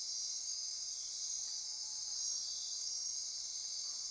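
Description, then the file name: Insect chorus, continuous high shrill trilling with a faint steady lower tone and a soft brief chirp near the end. Insect chorus at midnight near Corcovado. "Wind-is-the-Original-Radio-Fridays 20240628 Andy-Martin Midnight-Insect-Chorus-Near-Corcovado"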